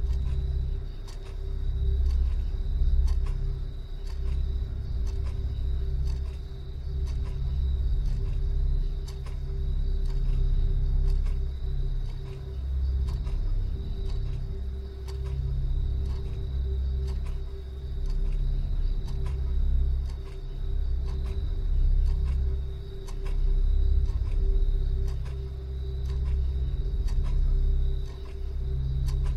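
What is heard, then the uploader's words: A hyperspace sleep chamber hums with a steady low rumble, a constant mid tone and a thin high whine throughout. A faint clock-like tick repeats regularly about every second, over soft hissing noise with a cricket-like quality. The Ambient Spaceship Soundscape. Hyperspace sleep chamber, where the sound of a clock and synthetic white noise reminiscent of crickets are always present.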